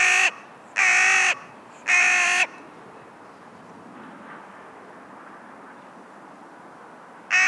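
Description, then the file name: Carrion crow giving harsh, hoarse caws, three in a row near the start and a fourth cut off at the end, each about half a second long or slightly longer. "Corvus corone - Carrion Crow"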